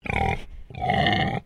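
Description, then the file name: Domestic pig giving two throaty grunts, the first shorter and the second longer and fuller, with a brief pause between. Landrace breed; double grunt. "ANIMAL PIG LANDRACE ALICE"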